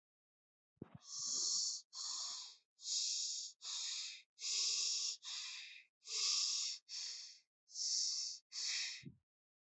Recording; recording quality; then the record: shallow breathing; excellent, no background noise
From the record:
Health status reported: healthy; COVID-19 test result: not tested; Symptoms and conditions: none ticked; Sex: female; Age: 20 years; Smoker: not ticked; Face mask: not worn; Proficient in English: yes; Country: India